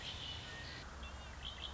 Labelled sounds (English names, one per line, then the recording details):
Red-winged Blackbird
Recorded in Sonoma County, California